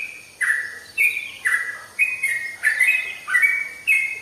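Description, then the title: Oriental magpie-robin song of loud descending whistled phrases, several in quick succession, repeated about every half second. "Kicau Kacer"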